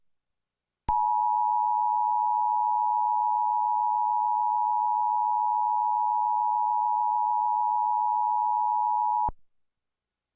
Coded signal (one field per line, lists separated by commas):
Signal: Emergency Alert System (SAME) tones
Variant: 853 and 960 Hz attention tone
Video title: (Credit to SimplexEAS2019 Productions) EAS In RI #1 - Emergency Action Notification In RI - 8/4/20